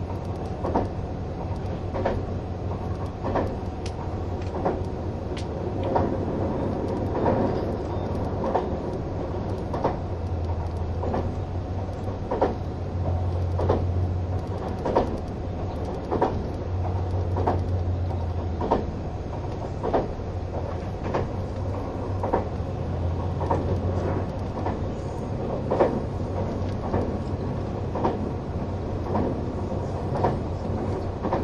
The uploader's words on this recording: HC85系 ひだ01号(グリーン車). 名古屋～高山. グリーン車の静粛な空間ながらエンジン音とモーター音のバランスが抜群で. 列車走行音. A great balance between the engine sound and the motor sound in a quiet space of the green car.